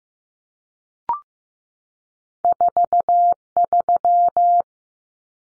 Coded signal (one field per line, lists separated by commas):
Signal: Morse code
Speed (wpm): 15 wpm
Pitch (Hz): 700 Hz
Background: none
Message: 43